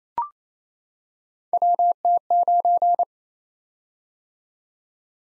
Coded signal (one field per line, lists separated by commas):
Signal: Morse code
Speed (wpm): 27 wpm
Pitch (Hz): 700 Hz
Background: none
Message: WT9